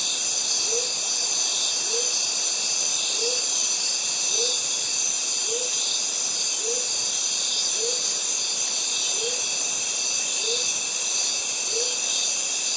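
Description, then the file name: Cicadas in a dense, steady buzzing chorus that never lets up, with a short, lower hoot repeated at steady intervals beneath it. Cicadas recorded together with birds in a Mediterranean forest. "Cicadas and Birds in mediterranean forest"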